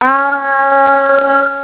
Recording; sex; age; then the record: sustained vowel /a/ by telephone; female; 50 to 59 years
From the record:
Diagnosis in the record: healthy control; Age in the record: 54 years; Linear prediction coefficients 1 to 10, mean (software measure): 1.72, -1.70, 0.59, 0.10, -0.20, -0.16, 0.11, -0.12, 0.00, -0.02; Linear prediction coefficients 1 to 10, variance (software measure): 0.053, 0.212, 0.200, 0.085, 0.080, 0.041, 0.040, 0.053, 0.042, 0.009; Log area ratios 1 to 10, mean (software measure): -1.61, 2.41, -1.32, 1.02, 0.65, 0.21, 0.17, 0.26, 0.06, 0.03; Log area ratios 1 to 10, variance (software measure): 0.068, 0.086, 0.088, 0.309, 0.142, 0.134, 0.066, 0.074, 0.036, 0.037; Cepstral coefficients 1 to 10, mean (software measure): 1.72, -0.19, -0.64, -0.28, 0.05, -0.03, -0.14, -0.19, -0.08, 0.05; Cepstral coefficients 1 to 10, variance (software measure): 0.053, 0.031, 0.026, 0.006, 0.010, 0.011, 0.012, 0.011, 0.022, 0.007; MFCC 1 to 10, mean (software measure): -3.42, 1.28, -1.91, 0.09, -0.33, -1.06, 0.27, 0.51, -0.24, -0.12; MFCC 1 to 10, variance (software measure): 0.748, 0.038, 0.242, 0.053, 0.126, 0.304, 0.104, 0.188, 0.116, 0.160